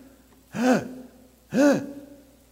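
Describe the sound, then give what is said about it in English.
A voice imitates gasping for breath after choking on breakfast grits and being unable to breathe deeply: two sharp, strained inhalations about a second apart, each rising then falling in pitch, loud and breathy against a quiet background with no speech. “I was gasping.”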